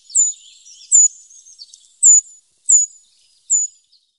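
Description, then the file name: Eurasian treecreeper calls: five thin, piercing high notes spaced out at slightly uneven intervals, with faint softer twittering between them. "Tradkrypare"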